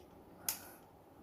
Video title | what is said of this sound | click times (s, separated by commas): ติด Red Dot ปืนยิงปลา l สุดปัง EP.187 | นี่ประมาณนี้นะครับให้มันเข้าล็อคแค่นั้นเองนะครับนี่ | 0.5 s